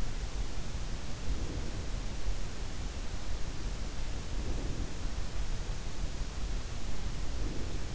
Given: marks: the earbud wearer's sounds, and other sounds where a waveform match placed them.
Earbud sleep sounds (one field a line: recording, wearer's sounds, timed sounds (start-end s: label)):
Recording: sounds in sleep by an in-ear microphone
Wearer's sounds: breath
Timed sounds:
1.18-2.18 s: breath
4.07-5.37 s: breath
7.04-7.95 s: breath